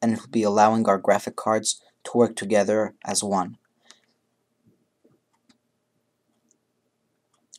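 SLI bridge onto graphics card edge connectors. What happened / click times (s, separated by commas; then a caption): A plastic bridge connector snapped onto its edge connectors / 7.5 s. Someone talks, then a plastic SLI bridge is lined up over the connectors of two graphics cards and pushed down, with a few faint taps as it is positioned. A sharp click at 7.5 s marks the bridge seating onto the cards' edge connectors.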